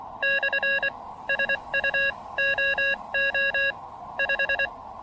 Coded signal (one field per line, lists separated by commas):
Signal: Morse code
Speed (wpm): 24 wpm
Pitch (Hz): 1650 Hz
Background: none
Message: / SU OO 5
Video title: SOTA Plan B! An aborted activation followed by an amazing (although gusty) alternative!